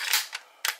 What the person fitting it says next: on vérifie avec un chargeur il a bien verrouillé